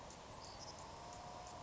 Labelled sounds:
Savannah Sparrow (Passerculus sandwichensis)
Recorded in Sonoma County, California

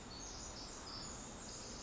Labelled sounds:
Pacific Wren (Troglodytes pacificus)
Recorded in Sonoma County, California

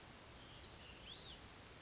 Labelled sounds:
Hutton's Vireo (Vireo huttoni)
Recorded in Sonoma County, California

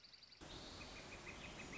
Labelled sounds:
Northern Flicker (Colaptes auratus)
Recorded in Sonoma County, California

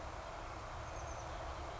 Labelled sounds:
Oak Titmouse (Baeolophus inornatus)
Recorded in Sonoma County, California

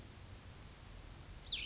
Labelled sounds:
Cassin's Vireo (Vireo cassinii)
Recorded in Sonoma County, California

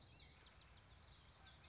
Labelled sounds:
Common Yellowthroat (Geothlypis trichas)
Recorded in Sonoma County, California

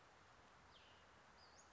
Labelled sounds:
Western Flycatcher (Empidonax difficilis)
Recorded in Sonoma County, California

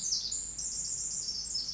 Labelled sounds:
Pacific Wren (Troglodytes pacificus)
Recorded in Sonoma County, California

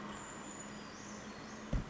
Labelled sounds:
Brown Creeper (Certhia americana)
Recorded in Sonoma County, California

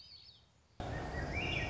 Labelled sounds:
Swainson's Thrush (Catharus ustulatus)
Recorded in Sonoma County, California

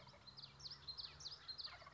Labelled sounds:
American Crow (Corvus brachyrhynchos)
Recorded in Sonoma County, California

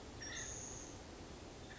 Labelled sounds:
Acorn Woodpecker (Melanerpes formicivorus)
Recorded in Sonoma County, California

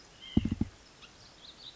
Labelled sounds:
White-breasted Nuthatch (Sitta carolinensis)
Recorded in Sonoma County, California

